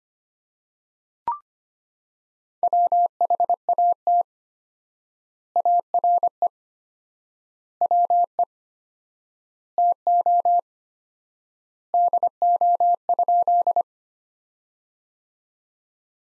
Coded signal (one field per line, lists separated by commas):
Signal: Morse code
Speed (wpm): 25 wpm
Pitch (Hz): 700 Hz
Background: none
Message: WHAT ARE WE TO DO?